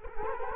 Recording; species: mosquito wingbeat signal from an infrared sensor; Culex quinquefasciatus